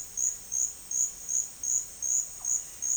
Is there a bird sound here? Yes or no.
no